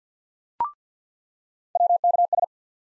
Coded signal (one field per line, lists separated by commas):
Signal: Morse code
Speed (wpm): 50 wpm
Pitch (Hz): 700 Hz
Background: none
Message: WKS